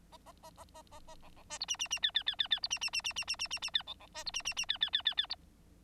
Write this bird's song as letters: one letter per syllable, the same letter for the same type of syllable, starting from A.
A A A A A A A B B C D E E E F F F F F D E E E E E E E E E F B B C D E E E F F F F F D